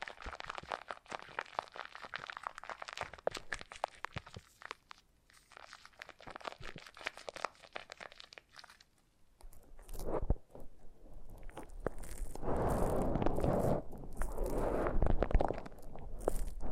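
Foam being squeezed and rubbed makes dense crackling crinkles for nine seconds, a short pause, then louder, fuller squishing rubs toward the end.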